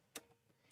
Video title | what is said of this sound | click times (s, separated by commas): Stitching with SNL - All about the Babylock Triumph | You can maybe hear that it goes click. | 0.2 s